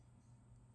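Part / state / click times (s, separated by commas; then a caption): spring-loaded lock bar into the groove of an OTF knife blade / not seated / none. An out-the-front auto knife is handled, with its blade in the track and the spring-loaded steel lock bar not yet dropped into the blade groove. Only a steady low hum and faint handling noise are heard, with no distinct transient. The lock bar has not clicked into place yet.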